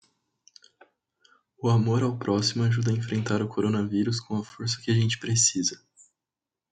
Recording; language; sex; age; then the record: spoken sentence; Brazilian Portuguese; male; 18 to 19 years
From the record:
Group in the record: control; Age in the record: 19 years